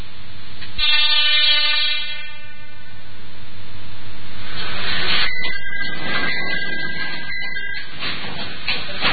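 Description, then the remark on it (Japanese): An Ichibata Electric Railway train in Shimane Prefecture, Japan, a former Keio car, sounds its horn in a steady, harmonic tone for about two seconds. Then the rumble and rattling clatter of the railcar running along the tracks toward the Izumo Taisha-mae terminus takes over, with no voices. “島根県の一畑電車の旅、こちらをたっぷりとお届けいたします。ちょっと先出しいたしますので聞いてみましょう。”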